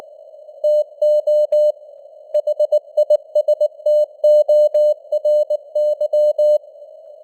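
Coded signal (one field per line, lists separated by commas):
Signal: Morse code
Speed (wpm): 19 wpm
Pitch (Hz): 600 Hz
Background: none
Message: TO HISTORY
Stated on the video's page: Morse news headlines at 19wpm with simulated radio noise and varying signal strength (QSB).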